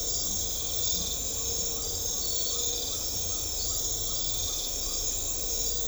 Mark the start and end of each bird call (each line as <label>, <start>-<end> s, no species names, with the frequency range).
bird call (0.6-1.7 kHz), 1.32-4.98 s